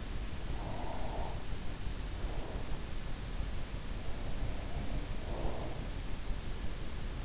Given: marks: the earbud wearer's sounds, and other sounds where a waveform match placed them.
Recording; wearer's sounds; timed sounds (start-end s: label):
sounds in sleep by an in-ear microphone; breath
0.45-2.96 s: breath
4.42-6.11 s: sound from someone else or the room